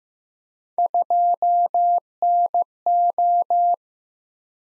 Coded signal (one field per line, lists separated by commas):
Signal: Morse code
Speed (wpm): 15 wpm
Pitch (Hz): 700 Hz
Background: none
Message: 2NO